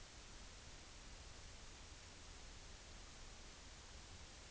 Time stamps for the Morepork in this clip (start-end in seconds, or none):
none